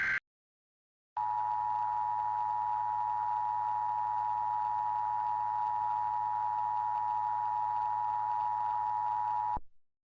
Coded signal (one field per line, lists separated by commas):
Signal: Emergency Alert System (SAME) tones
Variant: 853 and 960 Hz attention tone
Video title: EAS Scenario 2: The Moaning Virus